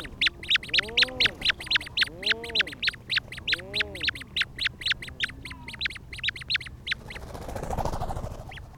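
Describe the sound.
Rhinoceros auklet calls, a few arched low groans under a fast run of crisp clicks, ending in a rushing noise.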